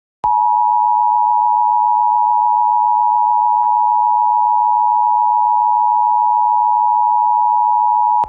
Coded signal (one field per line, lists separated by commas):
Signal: Emergency Alert System (SAME) tones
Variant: 853 and 960 Hz attention tone